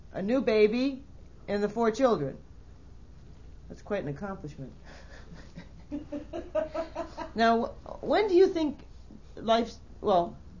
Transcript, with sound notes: a new baby and the four children. That's quite an accomplishment. (laugh) Now, when do you think life, well,